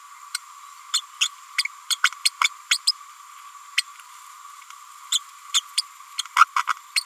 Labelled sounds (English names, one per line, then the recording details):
Green-rumped Parrotlet babbling
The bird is a female
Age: 30 days
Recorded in a nest box in Venezuela
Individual 17B102A6